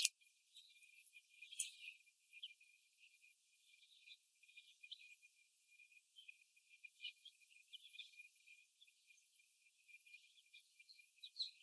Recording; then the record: young laying hens in a cage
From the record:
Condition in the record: before the stressor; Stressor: simulated dog barking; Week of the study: 1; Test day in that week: 1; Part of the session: 2